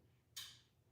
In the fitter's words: All right. You hear that click?